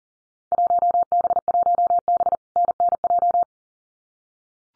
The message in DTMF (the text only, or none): none